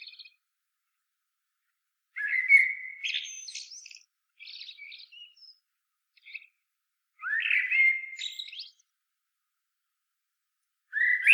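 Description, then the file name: Common blackbird singing low, flute-like warbled phrases followed by scratchy high twitters, two full phrases with gaps between them and another starting at the end. "Turdus merula"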